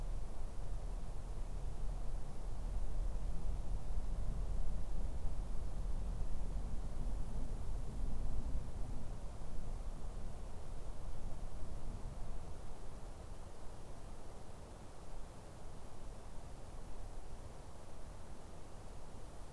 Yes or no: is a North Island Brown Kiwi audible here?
no